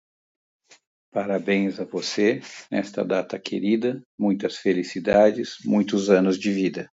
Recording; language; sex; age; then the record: short text; Brazilian Portuguese; male; 60 to 69 years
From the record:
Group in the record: control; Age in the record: 60 years